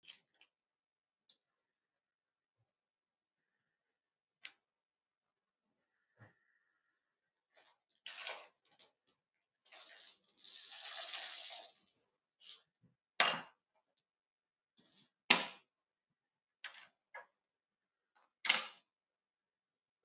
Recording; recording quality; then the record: shallow breathing; poor, much background noise or distortion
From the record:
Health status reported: recovered from COVID-19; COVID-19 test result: positive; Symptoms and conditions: cough, fever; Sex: female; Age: 54 years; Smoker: not ticked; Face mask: not worn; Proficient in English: yes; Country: India